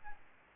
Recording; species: mosquito wingbeat signal from an infrared sensor; Aedes albopictus